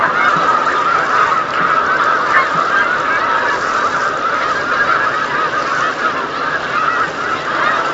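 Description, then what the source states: Snow goose flock giving a steady wall of overlapping nasal honks, many birds calling at once without pause. Flock of snow geese on Lake Champlain, November 2018.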